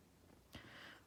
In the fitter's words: locks into place